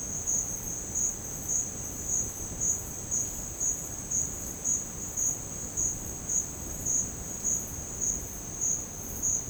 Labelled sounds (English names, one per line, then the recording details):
none
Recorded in dense forest near Puerto Asís, Putumayo, Colombia, on 25 June 2025 at 11:00
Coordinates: 0.486, -76.317
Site G065